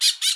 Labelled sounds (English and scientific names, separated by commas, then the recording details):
Brown-throated Parakeet (Eupsittula pertinax) contact call
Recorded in Bonaire
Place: just S of turnoff to Cai, near Lac Bay
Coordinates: 12.126, -68.239